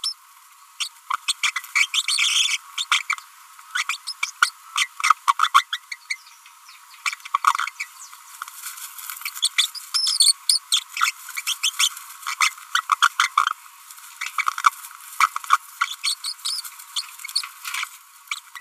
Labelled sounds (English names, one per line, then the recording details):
Green-rumped Parrotlet babbling
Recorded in a nest box in Venezuela
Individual 18B25A3